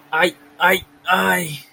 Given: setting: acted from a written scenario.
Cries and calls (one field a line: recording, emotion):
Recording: vocal sound without words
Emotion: pain